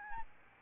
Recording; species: mosquito wingbeat signal from an infrared sensor; Aedes albopictus